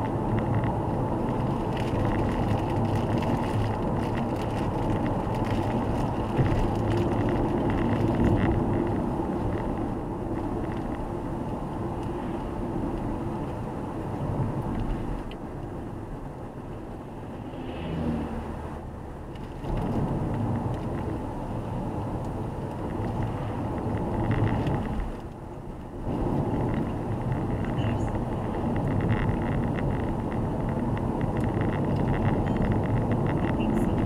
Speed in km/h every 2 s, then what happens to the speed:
80, 81, 83, 78, 70, 66, 66, 65, 65, 66, 67, 68, 68, 67, 69, 70, 67.
4-9 slows to 66. 9-31 steady at about 67.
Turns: none.